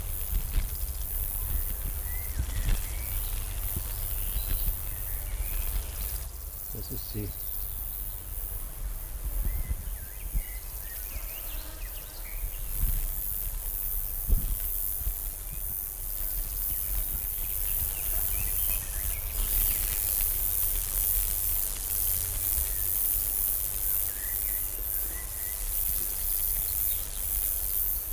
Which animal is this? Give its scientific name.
Metrioptera roeselii